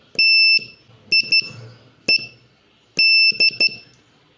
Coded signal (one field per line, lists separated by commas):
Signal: Morse code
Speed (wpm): 12 wpm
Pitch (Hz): 2650 Hz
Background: none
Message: TIED